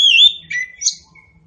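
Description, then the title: Orange-headed thrush song: a loud whistled phrase near the start, then a lower note and a high squeaky burst, fading to quiet. Local names Anis Kembang and Punglor Kembang; bird described as gacor (singing actively) and ngeplong. "Anis Kembang Gacor. Anis Kembang Punglor Kembang Ngeplong"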